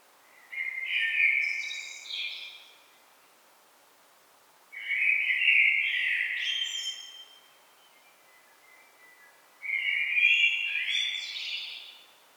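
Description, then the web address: Common blackbird song in three evenly spaced phrases, each a mellow fluting run closing with squeaky high notes, pauses of around two seconds between. "SETE data Turdus merula"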